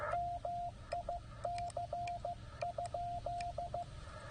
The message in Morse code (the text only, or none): MIC?